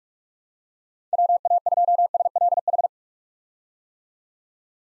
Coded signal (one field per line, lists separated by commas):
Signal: Morse code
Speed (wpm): 46 wpm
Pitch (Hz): 700 Hz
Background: none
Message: WA2SLH